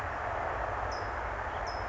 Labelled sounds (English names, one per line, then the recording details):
California Towhee
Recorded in Sonoma County, California